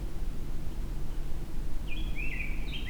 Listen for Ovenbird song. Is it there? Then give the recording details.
no. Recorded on 23 June 2016 at 05:41. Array SBT-6-76